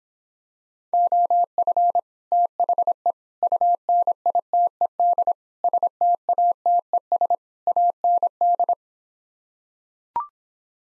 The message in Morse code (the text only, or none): OF THE UNITED STATES AND